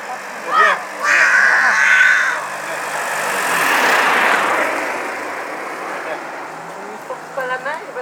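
A raven caws harshly in Wissant, a single croaking call early on and a quick burst of several at the end, with a vehicle's rumble swelling and fading in between.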